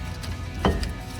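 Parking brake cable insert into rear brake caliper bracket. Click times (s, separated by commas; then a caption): 0.6 s. A washer-style insert on the rear parking brake cable of a 2005–2014 Mustang, fitted with C&L Performance Series red rear brake calipers, is pushed into its seat on the rear brake caliper bracket. It clips in with a short, sharp click at 0.6 s, followed by a fainter tick at 0.8 s over low background noise. The insert is confirmed seated.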